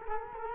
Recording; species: mosquito wingbeat signal from an infrared sensor; Culex quinquefasciatus